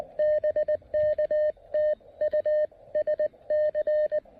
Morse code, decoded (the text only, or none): BK TU SC